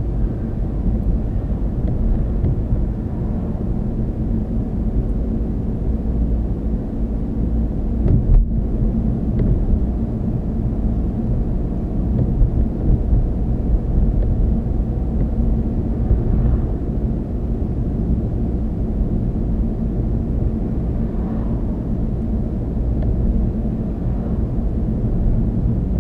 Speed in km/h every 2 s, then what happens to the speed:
35, 37, 40, 40, 42, 42, 44, 44, 42, 42, 42, 42, 42.
0-11 speeds up to 44. 11-26 steady at about 42.